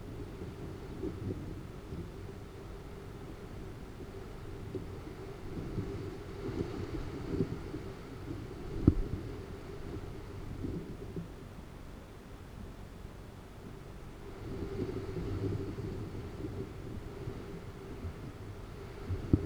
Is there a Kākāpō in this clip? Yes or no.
no